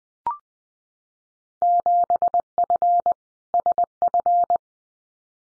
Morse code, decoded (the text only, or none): 7F SF